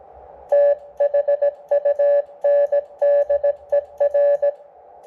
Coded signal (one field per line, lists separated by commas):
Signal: Morse code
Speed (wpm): 18 wpm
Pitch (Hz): 580 Hz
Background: music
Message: THUNDER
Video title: Xiegu G106 FW Upgrade (Ver 1.1) and CW Test using paddles